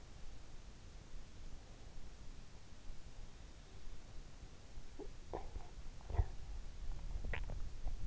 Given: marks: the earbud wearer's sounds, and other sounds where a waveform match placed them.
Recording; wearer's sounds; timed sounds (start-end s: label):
sounds in sleep by an in-ear microphone; breath, talking in sleep, swallowing
1.31-2.12 s: breath
4.80-6.56 s: talking in sleep
6.92-8.07 s: swallowing